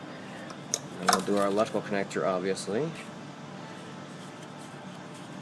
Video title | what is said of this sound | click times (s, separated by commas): Ford 4.6L 5.4L 3v Engines: VCT Solenoid Replacement | until it clicks like that and we'll | 0.7 s